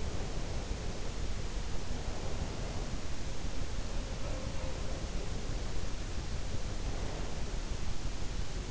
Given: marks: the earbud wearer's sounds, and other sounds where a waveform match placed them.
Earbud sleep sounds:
sounds in sleep by an in-ear microphone; breath
0.00-2.89 s: breath
3.76-5.57 s: sound from someone else or the room
6.03-7.22 s: breath

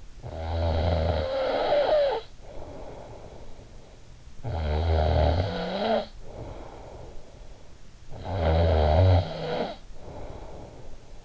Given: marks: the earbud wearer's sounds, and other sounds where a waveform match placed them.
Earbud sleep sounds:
sounds in sleep by an in-ear microphone; snoring breath
0.00-4.00 s: snoring breath
4.22-7.74 s: snoring breath
7.97-11.25 s: snoring breath

